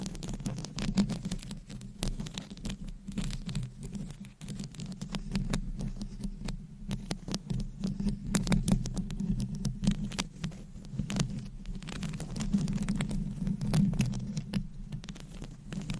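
Scratching on a microphone, a dense, continuous run of quick rough strokes and crackly ticks. A low rumbling scrape sits underneath throughout, with sharper scratchy bursts clustered around the middle and end. The texture patters unevenly without settling into a regular rhythm.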